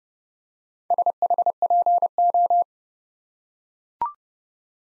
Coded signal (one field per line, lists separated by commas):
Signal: Morse code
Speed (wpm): 29 wpm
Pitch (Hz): 700 Hz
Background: none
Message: SHPO